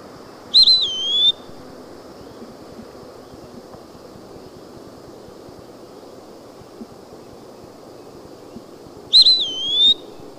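Eastern wood-pewee calling twice, about eight seconds apart, each a clear slurred whistle that drops then rises, with quiet low rumble between.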